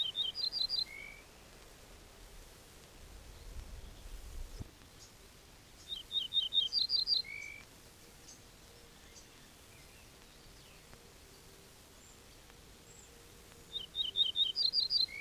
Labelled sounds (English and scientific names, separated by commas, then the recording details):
Ortolan Bunting (Emberiza hortulana)
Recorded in the wild
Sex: diverse
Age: adult
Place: Schloß Holte-Stukenbrock, Senne, Nordrhein-Westfalen, DE
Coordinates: 51.8717, 8.66361
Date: 1968-05-26
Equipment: Uher 4000 Report-S, Bändchenmikro Beyer M 260, Parabolspiegel Polyester (470 mm)
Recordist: Conrads, Klaus